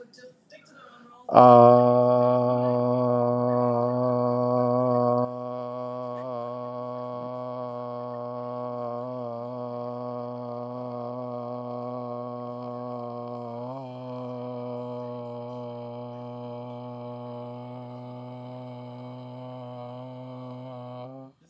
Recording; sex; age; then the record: vowel held as long as possible; male; 40 to 49 years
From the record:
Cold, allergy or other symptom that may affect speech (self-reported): no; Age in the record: 43 years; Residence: Virginia, United States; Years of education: 18